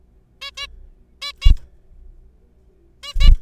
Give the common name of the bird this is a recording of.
Zebra Finch